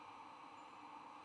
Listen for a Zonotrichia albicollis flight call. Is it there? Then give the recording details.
no. No flight call is heard. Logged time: 05:30 on 9 November 2014